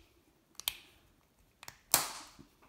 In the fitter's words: now it's time to pop it back together pop